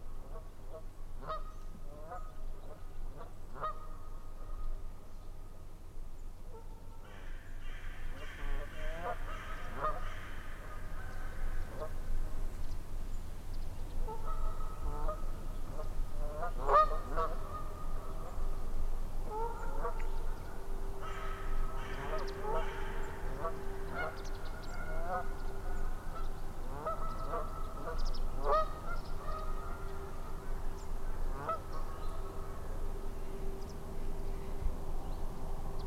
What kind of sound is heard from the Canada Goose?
call